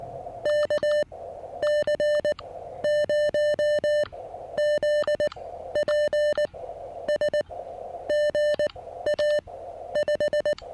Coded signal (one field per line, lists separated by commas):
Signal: Morse code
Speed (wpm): 19 wpm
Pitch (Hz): 600 Hz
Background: music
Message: KC0ZPS GA 5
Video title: How I evaluate a new POTA site plus serious QRP fun with my new-to-me Elecraft KX1